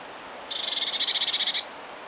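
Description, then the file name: Eurasian blue tit giving one buzzy churring rattle of many quick notes run together over about a second. "Cyanistes caeruleus"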